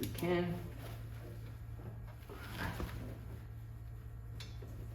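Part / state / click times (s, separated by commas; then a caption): torque wrench on brake caliper bolt / torque reached / 4.4 s. A click-type torque wrench tightens a brake caliper bolt on a 2002 Ford Mustang to its foot-pound spec. Someone talks early on over a steady low hum, and the wrench gives a single sharp click at 4.4 s. The bolt is confirmed torqued to the setting.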